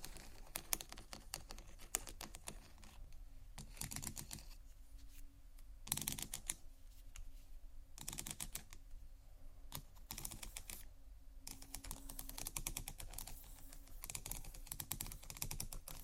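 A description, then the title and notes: Textured bags being tapped and scratched, a quick run of dry clicks and rasping strokes that comes in uneven bursts across the whole sixteen seconds. Denser clusters of scratching land around four, six, eight and eleven to thirteen seconds, with a low steady hum underneath. ASMR TEXTURED BAGS TAP & SCRATCH (No Talking).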